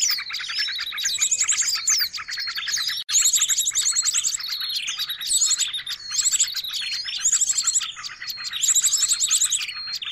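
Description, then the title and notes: Bird: a dense, nearly continuous run of sharp chirps and high buzzy trills, with a rattling burst recurring throughout. Noisy birds, used as a lure for catching birds. "Burung Ribut Pikat"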